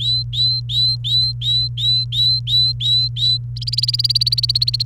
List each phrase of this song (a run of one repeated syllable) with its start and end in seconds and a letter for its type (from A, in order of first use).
0.00-3.37 A, 3.56-4.85 B